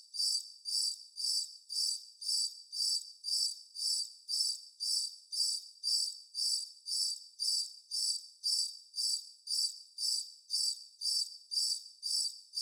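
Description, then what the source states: Cricket with a continuous run of high, rhythmic chirps, roughly two each second, metronome-like and alone against a quiet background. Constant cricket bed.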